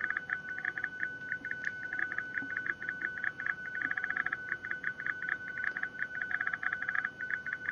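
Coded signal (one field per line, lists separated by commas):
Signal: PSK31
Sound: steady high tone chattering with fast irregular clicks, like a warbling croak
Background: low background hiss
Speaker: this shouldn't take way too long same consideration it's actually transmitting over the BAL thing right now it is receiving by the FTM 100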